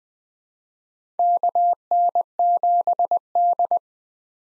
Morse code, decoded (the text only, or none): KN7D